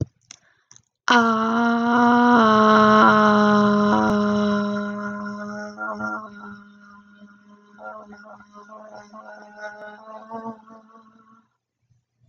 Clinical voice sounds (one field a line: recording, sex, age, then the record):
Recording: vowel held as long as possible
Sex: female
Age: 20 to 29 years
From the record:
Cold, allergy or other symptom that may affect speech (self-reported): no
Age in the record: 20 years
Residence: Texas, United States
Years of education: 14